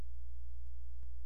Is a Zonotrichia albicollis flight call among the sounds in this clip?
no